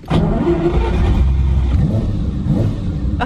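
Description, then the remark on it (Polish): A Ferrari 250 SWB engine fires up and revs hard, its deep, throaty roar rising and falling in pitch across a few seconds with no one speaking. “Proszę Państwa, wiedzą Państwo, czym jest Ferrari 250 SWB? Nie? Proszę zatem posłuchać reakcji autorki holenderskiego bloga Head Automation.”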